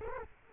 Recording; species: mosquito wingbeat signal from an infrared sensor; Culex quinquefasciatus